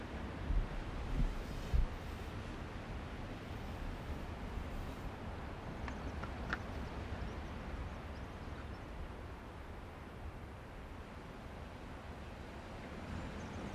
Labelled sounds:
Arctic Fox (Vulpes lagopus) barking
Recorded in the wild
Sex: pair
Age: adult
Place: Insel Mednyi, Kommandeur-Inseln, RU
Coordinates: 54.5167, 168.083
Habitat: tundra
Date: 1999-08-23
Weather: fair, almost no wind
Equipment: Sony TCD-D8, Sennheiser MKH 70, Windkorb
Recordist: Frommolt, Karl-Heinz
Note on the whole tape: Pereshejek, nördlich vom Kap Dlinnyi: Wa-Laute der Polarfuchsfähe links Gelb/Orange 37. Wechselbellen links Gelb/Orange 37 und Rüde rechts Rot/Rot 40 (Uli). Bellstrophen der Fähe mit Pegelangaben. Ungeschnittene Aufnahme. Entfernung 5 bis 12 m, am Schluß 35 m

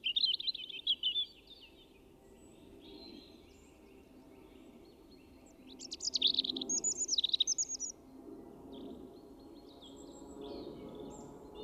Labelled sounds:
European Robin (Erithacus rubecula) song
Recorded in the wild
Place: Pfälzerwald, Haardt, Rheinland-Pfalz, DE
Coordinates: 49.319, 8.0837
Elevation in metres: 669
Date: 1976-04-20
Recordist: Tretzel, Erwin

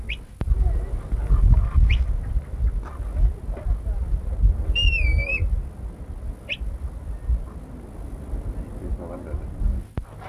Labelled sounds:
Eurasian Curlew (Numenius arquata) call
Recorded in captivity
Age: adult
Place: Tierpark Berlin, Berlin, DE
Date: 1961-10-07
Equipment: Minifon, Kopie Smaragd
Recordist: Tembrock, Günter

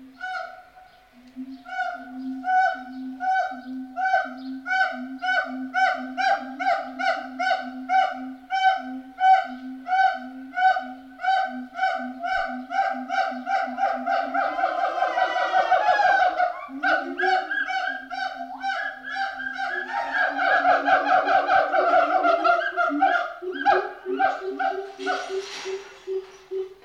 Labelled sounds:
Pileated Gibbon (Hylobates pileatus)
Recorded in captivity
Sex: male
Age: adult
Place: Zoo Berlin, Berlin, DE
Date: 1988-05-28 10:15
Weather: sonnig, schwül, 20-26°C
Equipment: 19 cm Stereo
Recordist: Tembrock, Günter

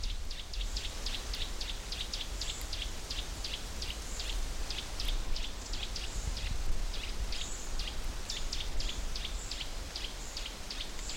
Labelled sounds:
Eurasian Nuthatch (Sitta europaea)
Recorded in the wild
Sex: group
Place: Groß Dölln, Schorfheide, Brandenburg, DE
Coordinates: 53.01, 13.56
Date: 1996-08-06 17:26
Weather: wechselnd wolkig, ca. 17°C
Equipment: Sony MD-WM MZ-R3, Sennheiser ME 80, Kopie Uher 4000 Report Monitor
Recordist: Tembrock, Günter

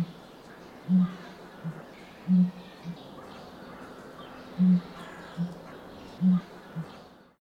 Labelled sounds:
Southern Ground Hornbill (Bucorvus leadbeateri)
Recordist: Tembrock, Günter
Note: Rufe

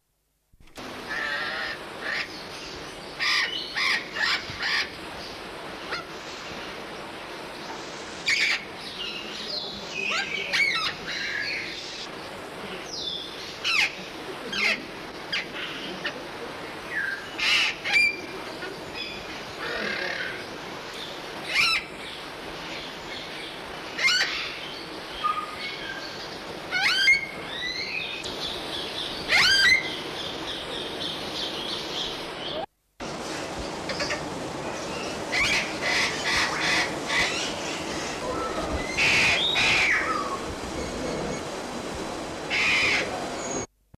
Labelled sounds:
Eclectus Parrot (Eclectus roratus) call
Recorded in captivity
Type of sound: call
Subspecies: solomonensis
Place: Vogelpark Walsrode, Niedersachsen, DE
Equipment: Halbspur, 9,5 cm/s
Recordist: Lütgens, Hans
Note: Rufe

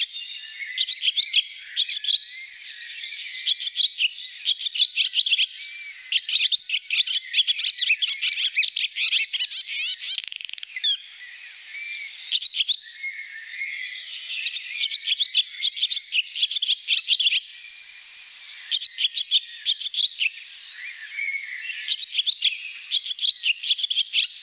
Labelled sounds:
Barn Swallow (Hirundo rustica) song
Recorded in the wild
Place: Gottenheim / Freiburg im Breisgau, Baden-Württemberg, DE
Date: 1983-07-03
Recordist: Schwarz, Dieter

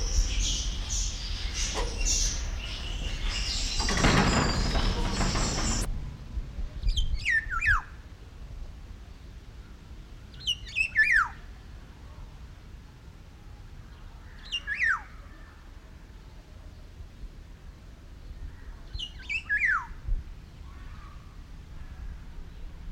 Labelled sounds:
Black-naped Oriole (Oriolus chinensis)
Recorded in captivity
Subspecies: celebensis
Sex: male
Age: adult
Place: Zoo Berlin, Berlin, DE
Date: 1994-06-11 11:23
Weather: heiter, 12-17°C
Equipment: Marantz CP 430, Sennheiser ME 80, Kopie Uher Variocord 263
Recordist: Tembrock, Günter

